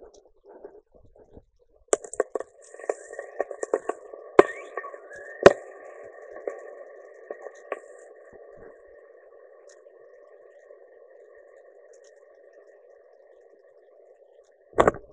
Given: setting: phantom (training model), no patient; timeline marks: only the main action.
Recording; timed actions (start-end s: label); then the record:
laparoscopic instrument, vibration sensor on the handle end
1.33-14.04 s: coagulation
From the record:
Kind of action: gesture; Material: ex-vivo porcine liver